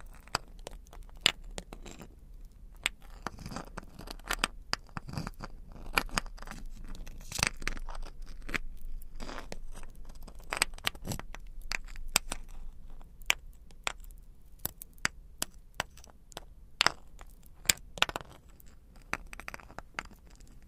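Crystals, beads and jewels are tapped and scratched in an irregular stream of sharp, bright clicks, some single and some in quick clusters. Softer scraping fills the gaps between taps, over a faint steady low hum throughout.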